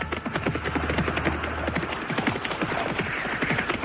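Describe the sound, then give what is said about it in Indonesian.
Rapid, steady clip-clop of hooves from a horse-drawn carriage approaching at the edge of a village, a dense run of sharp knocks over a low rumbling hum that fades out halfway through. “Kereta itu sudah dekat.”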